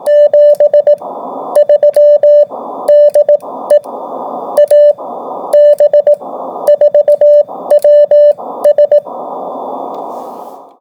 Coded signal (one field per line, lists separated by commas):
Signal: Morse code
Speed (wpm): 18 wpm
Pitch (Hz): 590 Hz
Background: radio noise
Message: 73 DE AB4WS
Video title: AB4WS RADIO SHOW 2026 01 16